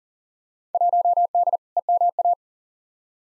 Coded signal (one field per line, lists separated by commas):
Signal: Morse code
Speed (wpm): 40 wpm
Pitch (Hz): 700 Hz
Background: none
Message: 1D EMA